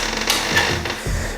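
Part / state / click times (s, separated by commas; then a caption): door latch into the strike plate on the door frame / not seated / none. A door is pushed shut with its latch meant to catch in the strike plate on the door frame, but the latch fails to catch and the door does not close. Music plays underneath, with sharp knocks at about 0.3 s and 0.9 s. Nothing has seated or clicked.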